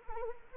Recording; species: mosquito wingbeat signal from an infrared sensor; Anopheles arabiensis